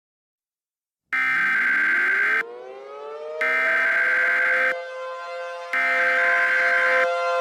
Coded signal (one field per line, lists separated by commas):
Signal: Emergency Alert System (SAME) tones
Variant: header bursts